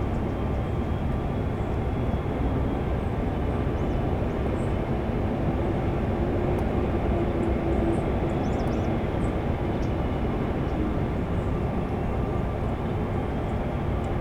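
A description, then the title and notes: Recorded while touring, a dense, steady rumble fills the whole fourteen seconds, heavy in the lows and thinning out above the mids, like the inside of a moving vehicle. Faint high chirps or squeaks flicker briefly near the middle, and a soft tone hums around the seven-second mark. Framework:afield produced in the united states by jeph jerman, featuring field recordings made while touring.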